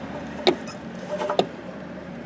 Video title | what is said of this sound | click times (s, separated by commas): How to Replace the Fog Lights in a Jeep Wrangler | And then it clicks right in. | 1.4 s